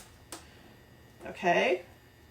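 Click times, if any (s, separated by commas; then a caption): none. Pieces of a magnetic cookie stencil holder, with their little silver magnet dots facing up, are handled as they are fitted together to snap into place. A brief sharp tick sounds at 0.3 s, then someone talks briefly over a quiet background. Nothing has seated or clicked into place yet.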